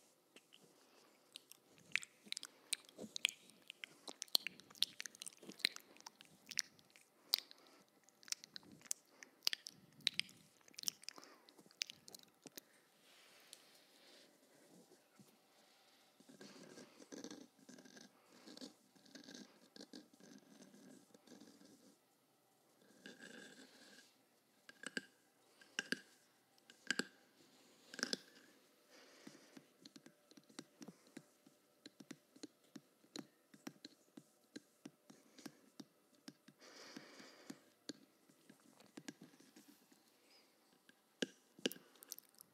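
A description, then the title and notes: Intense mouth sounds: rapid wet clicks, smacks and crunchy chewing-like bursts pile up densely for most of the 43 seconds, crisp and bright. Around 15–17 and 23–24 seconds the clicking thins into softer, smoother smacking before the quick snaps resume. Hyper Intense Binaural Mouth Sounds. First time ever using a 3Dio Mic to test the sounds....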